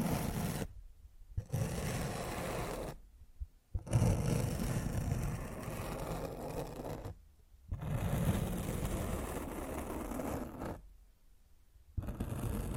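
Mic scratching in rough, dense bursts of gritty rubbing noise that fills low to high pitches. The scraping runs in long stretches, broken by clear near-silent gaps around 1, 3.5, 7.5 and 11.5 seconds, with some heavier thumps and a coarse, motor-like texture.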